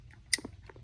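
An engine wiring harness connector on a 2022–2026 Toyota Tundra 3.4L twin turbo is pushed back onto its mating plug on a bracket after serpentine belt work. A sharp, bright snap at 0.3 s is followed by a few faint softer clicks. The connector is confirmed seated back in fully.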